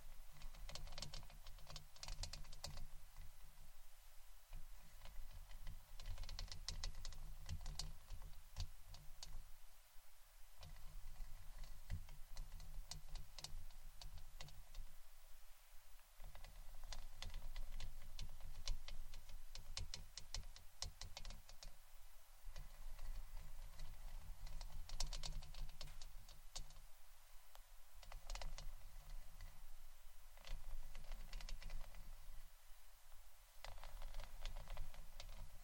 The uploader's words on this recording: ASMR Scratching & Brushing Blue Yeti Mic （No Talking）.